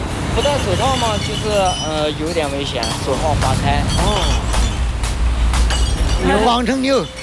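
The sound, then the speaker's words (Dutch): A man wearing cloth gloves throws glass bottles far away; they smash and clink repeatedly in sharp, bright bursts at irregular intervals, heard under steady, loud talking from several voices and a low traffic-like rumble. “Dus het opspattend glas, dat komt ook niet terug aan zijn ogen of zo.”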